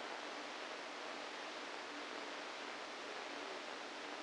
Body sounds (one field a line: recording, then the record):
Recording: brain microelectrode recording played as sound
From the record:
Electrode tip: inside the subthalamic nucleus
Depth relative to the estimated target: 1 mm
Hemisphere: right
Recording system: NeuroSet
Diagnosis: Parkinson's disease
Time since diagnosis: 7 years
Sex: female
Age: 68 years